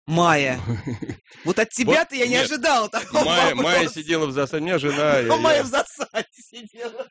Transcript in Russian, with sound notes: Майя! Вот от тебя-то я не ожидала такого вопроса! (Хохочет)
Майя сидела в засаде. У меня жена…:
Майя в засаде сидела.